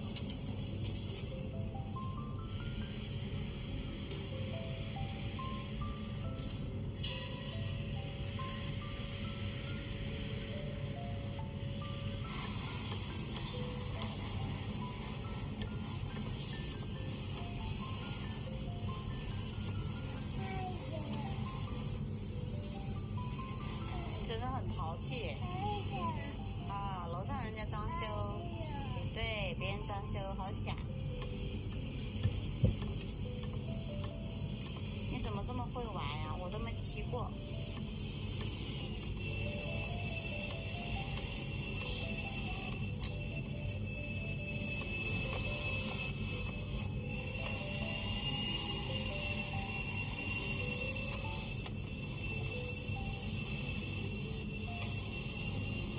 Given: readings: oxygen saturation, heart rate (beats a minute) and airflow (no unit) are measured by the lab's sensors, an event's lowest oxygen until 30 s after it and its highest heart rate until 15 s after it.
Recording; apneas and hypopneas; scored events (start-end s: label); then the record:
a person awake in a sleep study, by a smartphone at the bedside; none
0.00-55.99 s: awake
From the record:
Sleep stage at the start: awake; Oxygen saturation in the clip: 94 to 97%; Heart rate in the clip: 76 to 82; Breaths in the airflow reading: 13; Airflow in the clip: -3.7 to 5.0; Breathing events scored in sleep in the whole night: 131 in 7.2 hours asleep